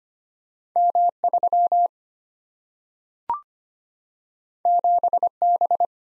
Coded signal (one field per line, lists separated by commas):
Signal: Morse code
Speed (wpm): 25 wpm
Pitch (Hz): 700 Hz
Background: none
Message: M3 7B